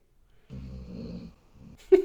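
A pet, Aurora, snoring in the background, picked up by a Yeti microphone: a low, rattling snore of about 0.8 seconds, then a shorter one and a brief sharp noise.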